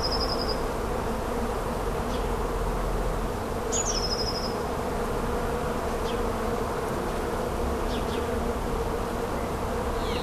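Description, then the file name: Bees give a steady, low droning hum throughout, while short high whistled bird notes break in now and then above it. Bees recorded with a tit, dated 6 04 14, on a MiniDisc recorder. "Tourterelles ma sange et abeilles 6 04 14"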